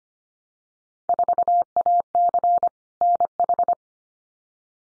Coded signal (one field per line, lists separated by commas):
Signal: Morse code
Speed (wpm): 25 wpm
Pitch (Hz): 700 Hz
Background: none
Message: 4AC NH